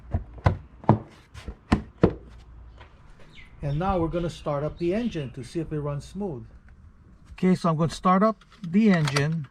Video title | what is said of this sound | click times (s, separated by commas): How To Replace Ignition Coil #1 & Spark Plug on a 2010 Toyota Corolla | this just snaps right in and | 0.5 s, 0.9 s